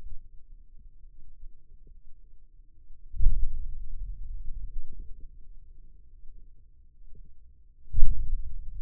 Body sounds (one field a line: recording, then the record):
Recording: forearm muscle sounds (acoustic myography)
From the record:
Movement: hand opening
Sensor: system 2, bracelet of six BSWA MPA416 microphones around the upper forearm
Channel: 6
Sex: male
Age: 22 years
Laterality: right